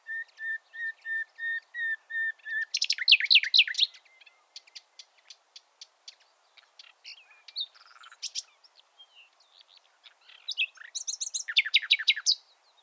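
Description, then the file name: Common nightingale song: a run of pure whistled notes repeated steadily, then a loud buzzy rattling burst, scattered clicks, and a fast trill of descending notes to finish. "Luscinia megarhynchos"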